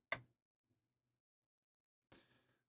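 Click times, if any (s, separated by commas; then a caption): 0.1 s. A hook lifts the binding pin in a cutaway pin tumbler lock cylinder, and a sharp, bright click at 0.1 s marks the driver pin setting at the shear line, seated safely home. A faint tick follows at 0.7 s, then a softer, longer scraping burst at 2.1 s that fades out by about 2.6 s.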